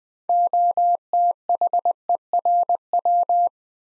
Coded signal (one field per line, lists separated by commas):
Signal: Morse code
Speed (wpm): 20 wpm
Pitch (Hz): 700 Hz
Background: none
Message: OTHERW